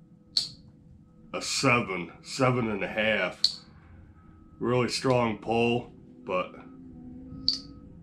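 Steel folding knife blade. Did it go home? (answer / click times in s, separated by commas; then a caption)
yes / 7.5 s. The blade of a Rough Ryder APTA RR2285 slip joint folding knife, with a VG10 blade and micarta handle covers, is rotated against its backspring while someone talks. A sharp click sounds near 0.4 s, then a crisp snap at 7.5 s as the blade seats into its heavy half-stop detent.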